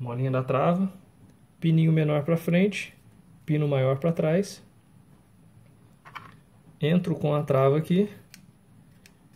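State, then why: Seated. A metal manual safety lever is inserted into the frame of an Imbel MD2 .380 pistol during reassembly while someone talks. Short, sharp metallic clicks are heard at 8.3 s and 9.1 s as the lever snaps into place and seats.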